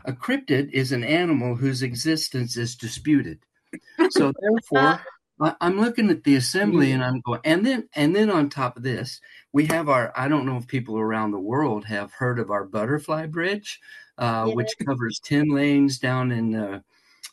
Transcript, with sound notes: A cryptid is an animal whose existence is disputed.
(laughs)
So, therefore, I, I'm looking at the Assembly and I'm going ... And then, and then on top of this, we have our, I don't know if people around the world have heard of our Butterfly Bridge-
Yeah.
... uh, which covers 10 lanes down in,